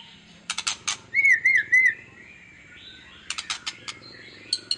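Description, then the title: White-rumped shama song: harsh scratchy notes, then a short run of looping whistles, followed by more rasping bursts. Lure song of an actively singing ('gacor') murai batu, played to make other birds respond. "PANCINGAN MURAI BATU GACOR, LANGSUNG RESPON"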